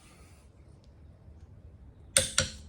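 A torque wrench on a shorter extension bar tightens a wheel lug nut on a stroker Mustang while its bad lug nuts are being fixed. After a quiet stretch with faint background hiss and a tiny tick near 0.8 s, the wrench gives a loud, sharp click at 2.2 s, followed by a second sharp hit at 2.4 s. The lug nut reaches torque.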